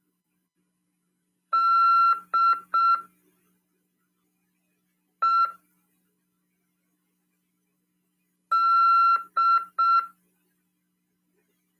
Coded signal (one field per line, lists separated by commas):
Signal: Morse code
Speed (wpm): 6 wpm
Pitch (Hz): 1360 Hz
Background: none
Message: D E D